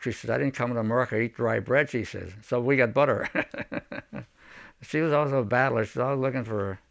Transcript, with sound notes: She said, "I didn't come to America to eat dry bread," she says. So we got butter. (he laughs) She was always a battler. She was always looking for,